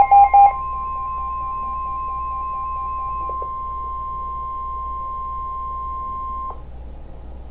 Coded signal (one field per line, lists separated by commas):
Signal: Emergency Alert System (SAME) tones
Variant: 1050 Hz attention tone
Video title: NOAA Special Marine Warning (EAS # 698)